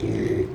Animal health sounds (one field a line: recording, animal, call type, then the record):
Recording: contact call of a hoofed animal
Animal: pig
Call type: closed-mouth grunt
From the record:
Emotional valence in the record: negative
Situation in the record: short social isolation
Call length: 0.55 s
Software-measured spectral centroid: 1440 Hz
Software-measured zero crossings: 860 a second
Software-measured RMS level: -24 dBFS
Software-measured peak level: -13 dBFS